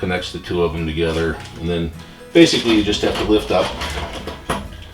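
Someone talks over background music while handling the folding handle of a Harbor Freight 1000 lb capacity hydraulic table cart #69148, whose spring-loaded metal safety tabs are joined by a shaft and lock the handle upright. There is a brief sharp sound near 4.5 s. The handle is being lifted but has not locked; nothing has seated or clicked yet.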